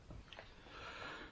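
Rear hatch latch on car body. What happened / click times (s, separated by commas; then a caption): The hatch latch clicks open / 0.3 s, 0.4 s. The rear hatch latch on a stripped-out Nissan Z32 300ZX Twin Turbo is opened, giving two short, sharp clicks at 0.3 s and 0.4 s. A soft, broad hiss and rustle follow as the hatch releases open.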